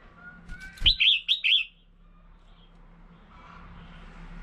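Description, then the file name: Red-whiskered bulbul utters a short run of four fluty, wavering notes, with faint background hum. Female bird. "Tieng chao mao mai"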